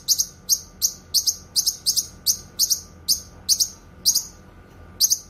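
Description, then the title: Streaked spiderhunter gives bright, sharp, high-pitched notes in a steady run, about three a second, occasionally paired, over a faint steady hum. Tutor song for training birds; singing vigorously, clear and long. "Pijantung Gunung Gacor Jernih Panjang"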